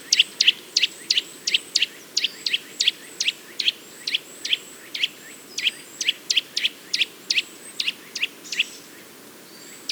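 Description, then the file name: Eurasian nuthatch giving sharp, emphatic call notes in irregular bursts, roughly three per second, with brief pauses. "Sitta europaea"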